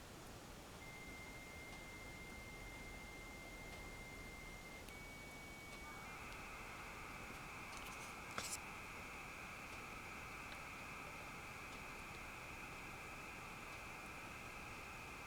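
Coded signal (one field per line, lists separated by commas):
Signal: dial-up modem handshake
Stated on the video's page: Dial-up modem connection over an ordinary phone line to a remote BBS.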